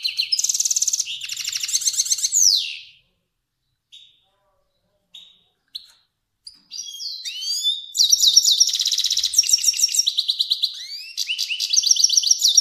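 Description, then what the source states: Finch song with long trilled stretches, a pause broken by a few isolated chirps, then a fast rattling, warbling section. Kermani finch.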